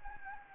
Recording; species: mosquito wingbeat signal from an infrared sensor; Anopheles gambiae